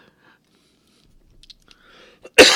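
Near silence with a few faint mouth and breath noises, then one sudden, loud, harsh burst at the very end: a single cough from an adult man with a cold, cut off as the clip ends. An ordinary cough with no wheeze or whoop.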